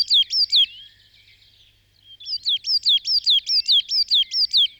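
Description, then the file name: Coal tit singing brisk, high, repeated two-note phrases, a short burst followed after a brief gap by a longer even series of several phrases. "kosmos 93 tannenmeise"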